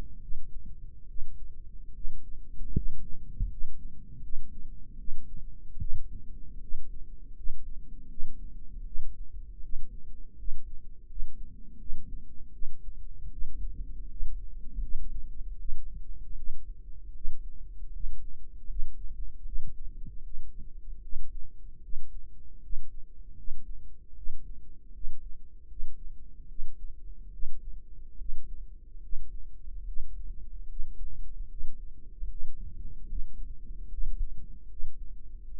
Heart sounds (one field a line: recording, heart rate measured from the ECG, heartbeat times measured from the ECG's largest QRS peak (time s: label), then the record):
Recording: heart sounds by microphone in the right ear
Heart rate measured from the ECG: 76 bpm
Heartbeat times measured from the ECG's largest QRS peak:
0.20 s: heartbeat
1.06 s: heartbeat
1.92 s: heartbeat
2.73 s: heartbeat
3.48 s: heartbeat
4.21 s: heartbeat
4.97 s: heartbeat
5.79 s: heartbeat
6.59 s: heartbeat
7.34 s: heartbeat
8.08 s: heartbeat
8.84 s: heartbeat
9.61 s: heartbeat
10.36 s: heartbeat
11.06 s: heartbeat
11.78 s: heartbeat
12.52 s: heartbeat
13.30 s: heartbeat
14.07 s: heartbeat
14.80 s: heartbeat
15.57 s: heartbeat
16.35 s: heartbeat
17.13 s: heartbeat
17.91 s: heartbeat
18.67 s: heartbeat
19.44 s: heartbeat
20.22 s: heartbeat
21.01 s: heartbeat
21.81 s: heartbeat
22.60 s: heartbeat
23.35 s: heartbeat
24.14 s: heartbeat
24.91 s: heartbeat
25.67 s: heartbeat
26.47 s: heartbeat
27.31 s: heartbeat
28.17 s: heartbeat
29.00 s: heartbeat
29.85 s: heartbeat
30.67 s: heartbeat
31.48 s: heartbeat
32.28 s: heartbeat
33.06 s: heartbeat
33.88 s: heartbeat
34.67 s: heartbeat
35.50 s: heartbeat
From the record:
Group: healthy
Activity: rest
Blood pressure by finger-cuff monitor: 96/62 mmHg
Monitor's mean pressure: 71 mmHg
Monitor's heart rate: 76 bpm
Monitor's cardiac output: 6 L/min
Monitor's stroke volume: 78 mL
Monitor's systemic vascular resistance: 850 dyn s/cm5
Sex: female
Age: 22 years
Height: 163 cm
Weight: 67.1 kg